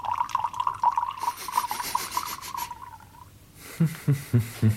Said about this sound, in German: den Wein hingelenkt, den Naumann eben in die langstieligen Hochglanzschliffgläser einschenkt